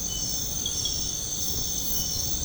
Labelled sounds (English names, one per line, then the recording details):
none
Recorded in secondary vegetation near Puerto Asís, Putumayo, Colombia, on 20 February 2024 at 02:00
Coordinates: 0.472, -76.331
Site G6371